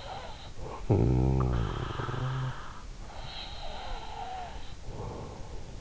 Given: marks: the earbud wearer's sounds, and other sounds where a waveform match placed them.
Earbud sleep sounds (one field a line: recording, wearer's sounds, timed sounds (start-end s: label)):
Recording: sounds in sleep by an in-ear microphone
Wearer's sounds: snoring breath, breath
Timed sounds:
0.33-3.19 s: snoring breath
3.47-5.81 s: breath